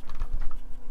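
A small plastic detail part is handled and pressed toward its position on the deck of a plastic model Titanic ship, giving soft tapping and rubbing handling noises with small ticks around 0.1, 0.2 and 0.5 seconds. Nothing has seated or snapped into place yet by the end of the clip.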